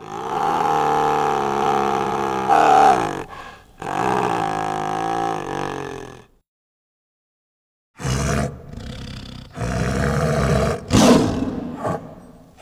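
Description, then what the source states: Tiger: large cat producing drawn-out, moaning growls with a strong tonal quality, a silent gap of about two seconds, then further rough, rasping growls. Tiger growling with chuffs.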